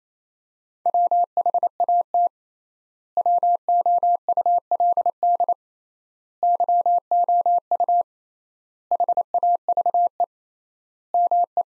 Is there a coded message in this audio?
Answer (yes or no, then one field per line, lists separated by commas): yes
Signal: Morse code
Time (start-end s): 0.9-11.6 s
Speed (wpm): 28 wpm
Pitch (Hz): 700 Hz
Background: none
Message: WHAT WOULD YOU HAVE ME